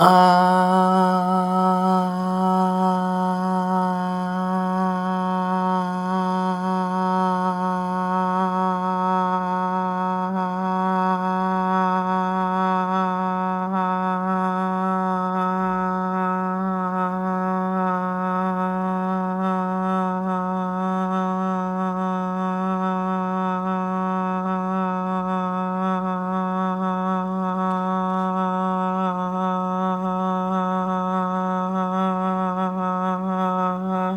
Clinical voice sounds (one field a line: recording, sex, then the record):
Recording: sustained vowel /a/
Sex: male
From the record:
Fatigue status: no fatigue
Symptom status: asymptomatic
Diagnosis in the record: COVID-19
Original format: m4a